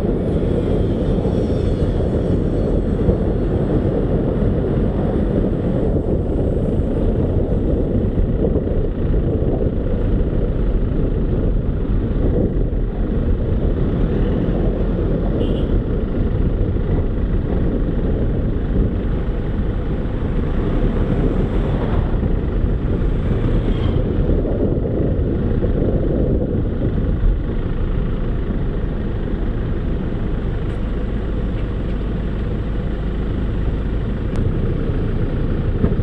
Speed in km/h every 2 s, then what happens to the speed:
29, 29, 29, 24, 18, 17, 19, 17, 15, 15, 15, 17, 13, 7, 6, 2, 0, 0.
4-8 slows to 18. 8-22 steady at about 17. 22-30 slows to 2. 30-36 standing.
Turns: none.